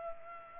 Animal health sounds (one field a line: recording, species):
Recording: mosquito wingbeat signal from an infrared sensor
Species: Culex pipiens